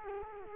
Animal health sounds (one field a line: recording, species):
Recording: mosquito wingbeat signal from an infrared sensor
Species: Culex quinquefasciatus